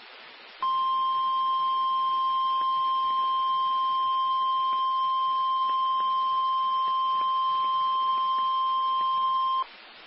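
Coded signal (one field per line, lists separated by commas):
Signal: Emergency Alert System (SAME) tones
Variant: 1050 Hz attention tone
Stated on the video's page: Real PDS tornado warning for Chilton and Shelby counties, Alabama, received on NOAA Weather Radio.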